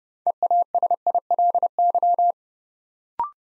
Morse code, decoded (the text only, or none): EASILY